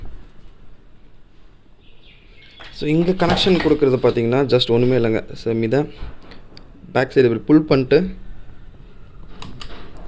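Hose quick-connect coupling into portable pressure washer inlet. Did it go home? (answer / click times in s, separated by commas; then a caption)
yes / 9.4 s, 9.6 s. A hose quick-connect coupling is fitted into the inlet of a portable pressure washer: its sleeve is pulled back and the hose connector pushed on while someone talks. Two sharp clicks are heard at 9.4 and 9.6 seconds as the coupling seats and locks.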